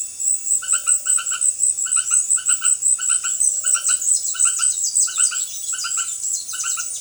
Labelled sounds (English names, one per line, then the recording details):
none
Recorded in dense forest near Puerto Asís, Putumayo, Colombia, on 20 February 2024 at 18:30
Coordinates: 0.505, -76.324
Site G6467